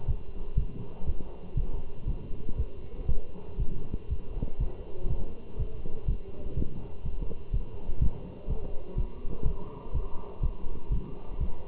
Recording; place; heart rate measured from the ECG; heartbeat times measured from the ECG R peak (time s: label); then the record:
heart sounds by stethoscope; between the tricuspid and mitral areas; 122 bpm
0.08 s: heartbeat
0.58 s: heartbeat
1.07 s: heartbeat
1.57 s: heartbeat
2.08 s: heartbeat
2.58 s: heartbeat
3.09 s: heartbeat
3.60 s: heartbeat
4.10 s: heartbeat
4.60 s: heartbeat
5.10 s: heartbeat
5.59 s: heartbeat
6.08 s: heartbeat
6.57 s: heartbeat
7.05 s: heartbeat
7.54 s: heartbeat
8.02 s: heartbeat
8.50 s: heartbeat
8.98 s: heartbeat
9.46 s: heartbeat
9.94 s: heartbeat
10.43 s: heartbeat
10.92 s: heartbeat
11.40 s: heartbeat
From the record:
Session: walking at 3.7 km/h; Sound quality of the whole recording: good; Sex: male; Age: 27 years